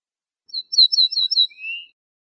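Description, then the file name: Ortolan bunting song: a quick run of high, clipped notes followed by a single drawn-out, lower, slightly rising note to finish the phrase. "suara kicauan ortolan"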